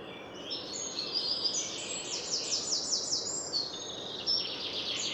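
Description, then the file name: Eurasian wren song: rapid, high, piercing notes running into a rattled trill, then more scattered twittering, against constant background noise. "Troglodytes troglodytes"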